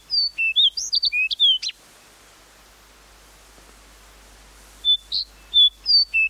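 Fox sparrow singing two rich phrases of varied whistled and slurred notes, separated by about three seconds of near silence with faint hiss.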